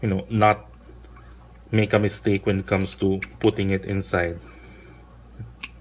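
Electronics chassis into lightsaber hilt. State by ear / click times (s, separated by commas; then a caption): seated / 5.6 s. An electronics chassis holding the battery and sound card is slid into a metal lightsaber hilt while someone talks. Its locking mechanism catches with a sharp click at 5.6 s, seating the chassis so it locks in place and cannot be pushed further.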